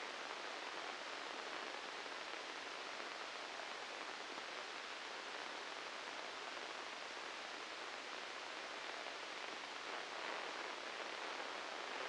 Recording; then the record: brain microelectrode recording played as sound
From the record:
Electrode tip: inside the subthalamic nucleus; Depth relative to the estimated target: 1 mm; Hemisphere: left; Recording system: NeuroSet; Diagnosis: Parkinson's disease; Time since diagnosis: 8 years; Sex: male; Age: 37 years